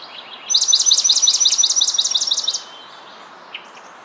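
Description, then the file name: Swamp Sparrow giving a bright, steady trill of many quick identical notes over about two seconds, then near quiet with one faint note. "Melospiza georgiana - Swamp Sparrow"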